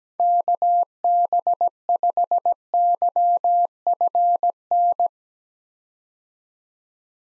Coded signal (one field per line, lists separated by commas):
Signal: Morse code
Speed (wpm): 17 wpm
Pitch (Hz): 700 Hz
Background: none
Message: KB5YFN